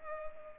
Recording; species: mosquito wingbeat signal from an infrared sensor; Culex pipiens